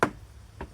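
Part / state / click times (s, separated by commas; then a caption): plastic trim cover clip in rear bumper side panel / released / 0.0 s. A plastic trim cover clip in the rear bumper side panel of a 2010 Honda CR-V is pulled off by hand from under the plastic cover. The clip releases with a sharp, loud pop at 0.0 s, followed by a quieter, shorter snap at about 0.6 s. The clip pops out and the cover comes free.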